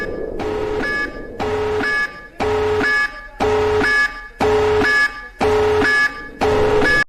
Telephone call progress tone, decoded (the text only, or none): busy tone